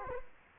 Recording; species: mosquito wingbeat signal from an infrared sensor; Culex quinquefasciatus